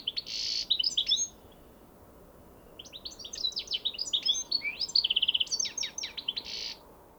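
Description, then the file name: European goldfinch, bright twittering phrases of quick chirps and a buzzy trill, a pause after the first burst, then a longer tinkling run. "Carduelis carduelis"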